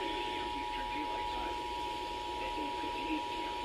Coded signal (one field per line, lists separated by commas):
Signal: Emergency Alert System (SAME) tones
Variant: 853 and 960 Hz attention tone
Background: speech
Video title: Lemme Finish What I Started: EAS Compilation (because camera corruption) (6/13/22) EAS 819-899